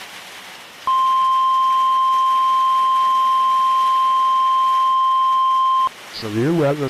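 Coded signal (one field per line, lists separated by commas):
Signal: Emergency Alert System (SAME) tones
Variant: 1050 Hz attention tone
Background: speech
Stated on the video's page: Mock EAS recreation of the first Tornado Emergency, for Bridge Creek-Moore, Oklahoma, 1999.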